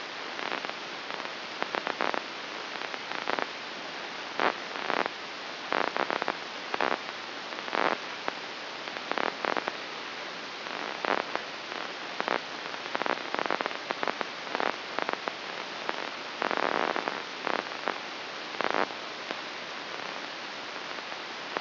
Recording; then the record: brain microelectrode recording played as sound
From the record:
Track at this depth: inside the subthalamic nucleus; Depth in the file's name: 3.542 mm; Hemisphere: right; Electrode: 2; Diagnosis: Parkinson's disease